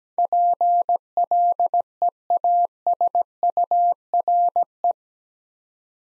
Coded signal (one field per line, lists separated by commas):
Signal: Morse code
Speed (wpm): 17 wpm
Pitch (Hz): 700 Hz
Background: none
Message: PLEASURE